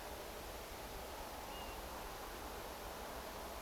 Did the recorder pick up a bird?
yes